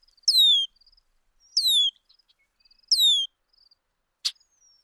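Bird calls: three falling whistled notes, each bracketed by faint soft twittering, then one sharp click near the end.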